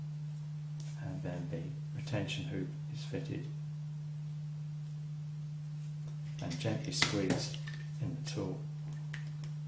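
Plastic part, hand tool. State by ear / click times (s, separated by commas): not seated / none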